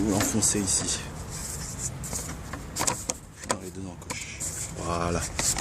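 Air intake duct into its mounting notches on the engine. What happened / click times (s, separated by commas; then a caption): Handled, not yet home: the plastic duct is being pressed into its notches / none. A plastic air intake duct on the engine of a Peugeot 206 1.4 HDi is handled and pushed toward its two mounting notches while someone talks. A few short knocks and taps are heard between about 2.5 and 4.1 seconds. Nothing has seated or clicked into place yet.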